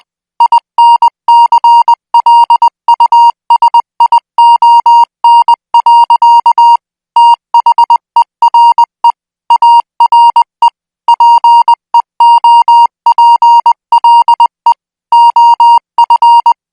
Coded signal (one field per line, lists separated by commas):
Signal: Morse code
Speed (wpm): 20 wpm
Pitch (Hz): 940 Hz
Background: music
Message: INCLUSION. THERE ARE PEOPLE OF